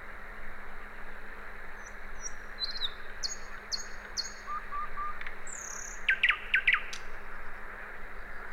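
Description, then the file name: Common nightingale song with a series of high repeated notes, a soft low whistle, then loud rapid chattering notes, over continuous hum and hiss. "Luscinia megarhynchos"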